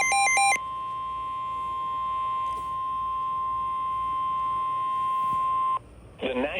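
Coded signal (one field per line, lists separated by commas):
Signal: Emergency Alert System (SAME) tones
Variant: 1050 Hz attention tone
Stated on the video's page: NOAA Weather Radio severe thunderstorm warning.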